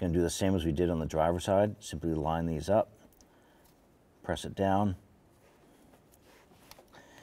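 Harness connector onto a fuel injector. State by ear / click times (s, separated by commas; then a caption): seated / 6.7 s. A plastic harness connector is lined up and pressed down onto a passenger-side fuel injector while someone talks. It locks in with a sharp click at 6.7 s, seating the connector.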